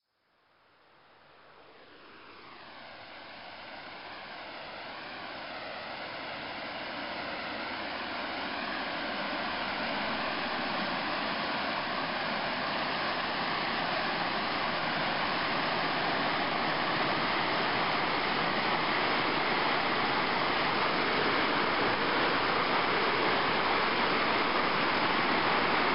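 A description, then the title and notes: Water rushes through a canal beside rice paddies, a dense, steady hiss with a low churning roar underneath. It fades in from silence over the first ten seconds, then holds constant, with faint wavering tones drifting through the rush. Rice paddy irrigation. Water rushing through canals at the edge of the rice paddies, east of Ubud on the island of Bali, Indonesia.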